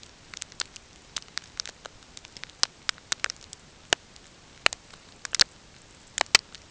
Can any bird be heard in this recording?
no